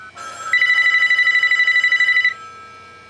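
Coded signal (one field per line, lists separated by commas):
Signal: none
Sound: telephone ringer bursts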